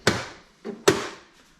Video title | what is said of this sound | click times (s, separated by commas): Dreame X50 Ultra Complete, capable de franchir les obstacles ⛰️ | vous appuyez de chaque côté vous entendez le clic et elle est installée très simple | 0.1 s, 0.9 s